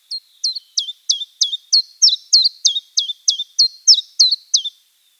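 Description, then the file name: Common chiffchaff singing a monotonous series of bright high notes, delivered evenly around three per second throughout. "penochka tenkovka"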